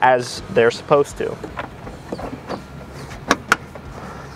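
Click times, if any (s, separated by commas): 3.3 s, 3.5 s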